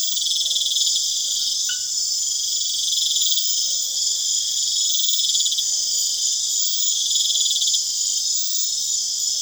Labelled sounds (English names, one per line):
none